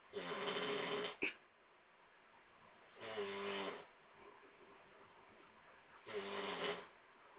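Three loud, buzzy snores, each about a second long, come roughly every three seconds, about 20 breaths a minute. The snores have a rough, vibrating tone typical of ordinary snoring. A single sharp click follows the first snore, over a faint steady background hiss.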